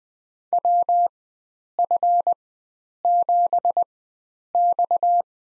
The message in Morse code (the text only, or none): WF7X